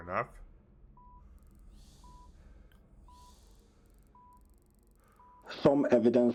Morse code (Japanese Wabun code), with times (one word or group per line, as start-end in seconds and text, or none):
none